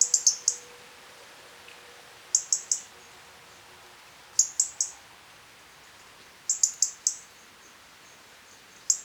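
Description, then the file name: European robin giving sharp, high ticking calls in quick bursts of three or four, repeated about every two seconds against a quiet background. "Erithacus rubecula"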